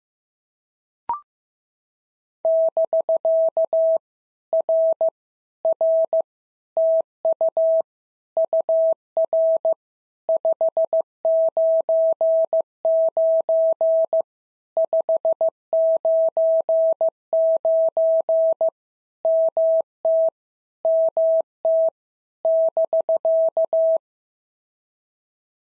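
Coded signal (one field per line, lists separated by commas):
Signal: Morse code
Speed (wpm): 15 wpm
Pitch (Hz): 650 Hz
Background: none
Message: <BK> R R TU UR 599 599 MT MT <BK>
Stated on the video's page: POTA exchange practice drill in Morse at 15 wpm, each exchange sent, spoken, then sent again.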